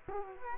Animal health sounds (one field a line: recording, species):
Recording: mosquito wingbeat signal from an infrared sensor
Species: Culex quinquefasciatus